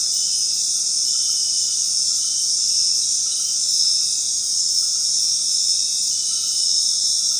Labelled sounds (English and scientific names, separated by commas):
none